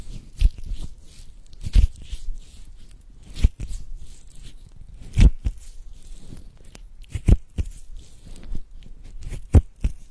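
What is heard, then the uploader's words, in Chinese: A hand massage, heard as a series of soft rubbing and brushing sounds. Sharper slaps or presses land irregularly, roughly every one to two seconds, louder near 2, 5, 7 and 9.5 seconds, over quiet, low skin friction between them. 手部按摩（声控助眠）。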